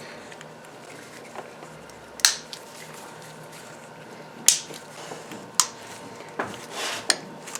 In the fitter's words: when you are connecting your connectors make sure that you hear each one snap back